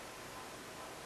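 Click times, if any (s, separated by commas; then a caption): none. The 420HC stainless steel folding knife blade of a Leatherman Skeletool multi-tool is being opened one-handed toward its handle lock, heard only as a steady broadband hiss with no distinct transients. Nothing has seated or clicked yet; the blade has not locked into place.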